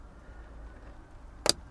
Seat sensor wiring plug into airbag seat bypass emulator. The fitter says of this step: Push it right until it clicks. Did you hear that?